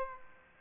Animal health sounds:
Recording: mosquito wingbeat signal from an infrared sensor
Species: Aedes aegypti

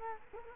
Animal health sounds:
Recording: mosquito wingbeat signal from an infrared sensor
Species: Culex quinquefasciatus

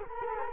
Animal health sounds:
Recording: mosquito wingbeat signal from an infrared sensor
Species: Culex quinquefasciatus

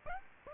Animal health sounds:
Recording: mosquito wingbeat signal from an infrared sensor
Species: Aedes aegypti

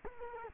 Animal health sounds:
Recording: mosquito wingbeat signal from an infrared sensor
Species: Culex quinquefasciatus

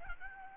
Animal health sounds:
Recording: mosquito wingbeat signal from an infrared sensor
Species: Aedes albopictus

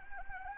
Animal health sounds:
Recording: mosquito wingbeat signal from an infrared sensor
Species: Anopheles arabiensis

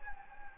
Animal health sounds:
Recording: mosquito wingbeat signal from an infrared sensor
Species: Anopheles gambiae

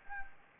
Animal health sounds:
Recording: mosquito wingbeat signal from an infrared sensor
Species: Anopheles gambiae

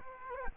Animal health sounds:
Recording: mosquito wingbeat signal from an infrared sensor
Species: Culex quinquefasciatus

